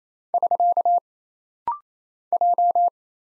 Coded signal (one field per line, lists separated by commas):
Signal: Morse code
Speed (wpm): 27 wpm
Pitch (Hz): 700 Hz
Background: none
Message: <SK> J